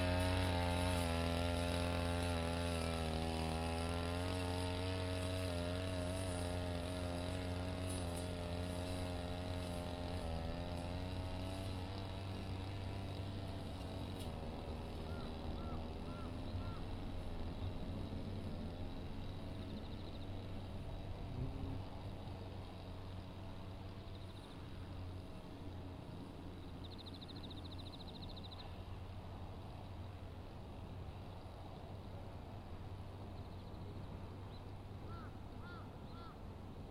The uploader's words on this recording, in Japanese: 環境音 機械音あり サツマイモ畑の草刈り。サツマイモの畝間を行ったり来たり、ひたすら草刈り機で草刈りです。